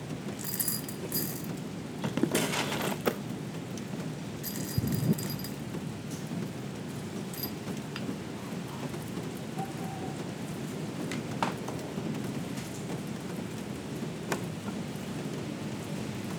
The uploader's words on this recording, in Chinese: 雨天陪我手沖吧！小樹莊園（無人聲）。讓我們靜默的聽雨聲、沖手沖吧！